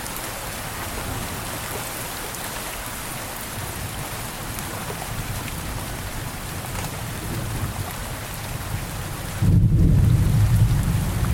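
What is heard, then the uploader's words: Steady rain hisses densely throughout, with a low rumble of thunder rolling underneath. Around the nine-and-a-half second mark the thunder swells noticeably louder and deeper, a heavy roll that carries on to the end. Thunder for 10 hours. Rain and thunder sounds.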